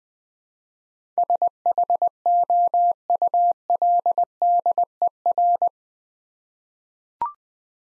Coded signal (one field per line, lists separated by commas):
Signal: Morse code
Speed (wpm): 21 wpm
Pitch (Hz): 700 Hz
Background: none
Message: SHOULDER